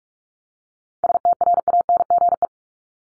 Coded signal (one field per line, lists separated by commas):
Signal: Morse code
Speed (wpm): 44 wpm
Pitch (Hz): 700 Hz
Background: none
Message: STRANGE